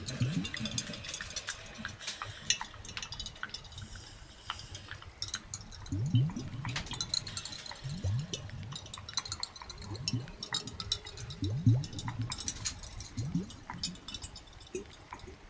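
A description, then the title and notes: Bubbles rise and pop in water, with sharp little taps against a glass jar scattered throughout. Low gurgling swells come in bursts around 6, 8, 11 and 13 seconds, while bright clicks and fizzing crackle on steadily above. Jar tapping and bubbles.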